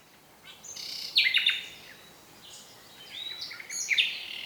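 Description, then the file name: Common nightingale song with sweeping whistled notes and sharp chattering bursts, a pause, then another phrase of rising whistles and harsh notes. "Luscinia megarhynchos"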